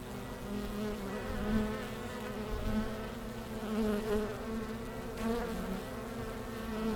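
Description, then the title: Honey bees droning steadily, with bees repeatedly passing and their wavering buzz swelling and fading. Bees returning to the hives as the sun leaves them, beginning of October, Langel, Cologne, Germany; many have white backs from Himalayan balsam flowers. "Langel, Köln, Deutschland - Bienen Anfang Oktober"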